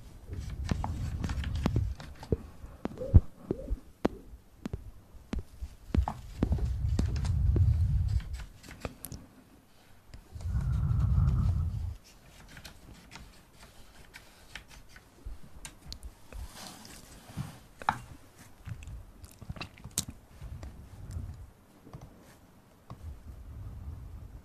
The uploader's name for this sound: Upclose Mouth Sounds, Inaudible Whispering